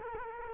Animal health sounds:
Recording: mosquito wingbeat signal from an infrared sensor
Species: Culex quinquefasciatus

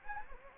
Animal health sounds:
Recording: mosquito wingbeat signal from an infrared sensor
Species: Anopheles gambiae

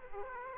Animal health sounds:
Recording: mosquito wingbeat signal from an infrared sensor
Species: Aedes aegypti

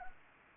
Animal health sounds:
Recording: mosquito wingbeat signal from an infrared sensor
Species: Anopheles arabiensis

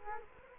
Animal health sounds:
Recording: mosquito wingbeat signal from an infrared sensor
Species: Culex quinquefasciatus

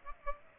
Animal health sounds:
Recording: mosquito wingbeat signal from an infrared sensor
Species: Aedes aegypti

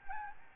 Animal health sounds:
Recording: mosquito wingbeat signal from an infrared sensor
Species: Aedes albopictus

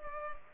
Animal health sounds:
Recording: mosquito wingbeat signal from an infrared sensor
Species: Culex pipiens

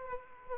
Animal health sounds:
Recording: mosquito wingbeat signal from an infrared sensor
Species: Aedes aegypti

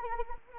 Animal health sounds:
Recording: mosquito wingbeat signal from an infrared sensor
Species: Anopheles arabiensis

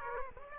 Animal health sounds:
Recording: mosquito wingbeat signal from an infrared sensor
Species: Aedes aegypti

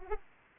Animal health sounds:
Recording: mosquito wingbeat signal from an infrared sensor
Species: Anopheles arabiensis

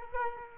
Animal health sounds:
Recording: mosquito wingbeat signal from an infrared sensor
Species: Culex quinquefasciatus

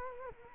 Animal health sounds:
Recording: mosquito wingbeat signal from an infrared sensor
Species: Culex quinquefasciatus

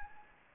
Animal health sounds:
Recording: mosquito wingbeat signal from an infrared sensor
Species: Anopheles gambiae

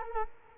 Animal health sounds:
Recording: mosquito wingbeat signal from an infrared sensor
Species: Culex quinquefasciatus

